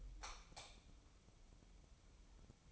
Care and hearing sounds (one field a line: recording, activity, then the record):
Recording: daily activity, microphone in the room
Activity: light off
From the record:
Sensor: 1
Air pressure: 988.4 hPa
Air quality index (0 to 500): 198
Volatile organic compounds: 1000 ppm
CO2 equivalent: 5278 ppm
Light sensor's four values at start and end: 12/37/14/15 and 8/21/8/10